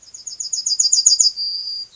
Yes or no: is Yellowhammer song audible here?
yes